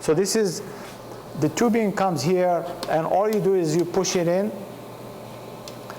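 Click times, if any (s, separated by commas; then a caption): 5.7 s, 5.9 s. Someone talks while plastic water supply tubing, about 6.3 mm, is pushed into a push-to-connect fitting on the back of a soil-testing pump unit. Two short ticks are heard at 5.7 s and 5.9 s as the tubing seats in the fitting.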